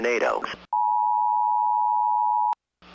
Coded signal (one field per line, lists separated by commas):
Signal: Emergency Alert System (SAME) tones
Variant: 853 and 960 Hz attention tone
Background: speech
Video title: EAS YTP - The Wrath of Martin Greene